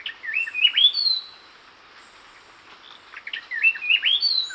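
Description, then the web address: Gray-breasted Wood-wren giving two whistled phrases of rolling, up-and-down notes separated by a quiet pause, with high insect buzzing in the background. Lower subtropical zone, Ecuador. "Natures Songs S America Birds of Ecuador Gray-breasted Wood-Wren (lower subtropical)"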